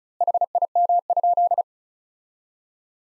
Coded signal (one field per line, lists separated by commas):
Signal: Morse code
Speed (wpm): 34 wpm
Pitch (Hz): 700 Hz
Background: none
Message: HIM?